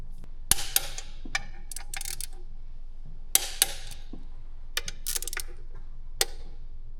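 A click-type torque wrench tightens the three bolts on the intake piece of a diesel engine to 18 ft-lb. Each bolt gives a sharp wrench click at the setting, at 0.5, 3.4 and 6.2 seconds, with lighter ratcheting ticks and metallic handling between them.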